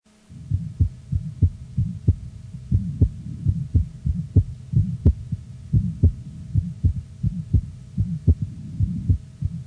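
A fast toddler heartbeat, about 100 beats a minute, with a low, humming, vibratory murmur filling the gaps between beats. This is a Still's murmur, a common innocent childhood murmur that is harmless.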